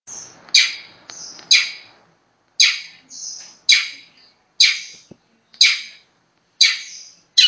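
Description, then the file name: Long-tailed shrike uttering harsh, scratchy squawks roughly once a second, interspersed with thin, high whistled notes. Master song for training songbirds. "cendet master. omkicau"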